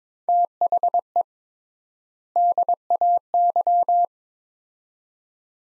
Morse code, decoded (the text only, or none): THE DAY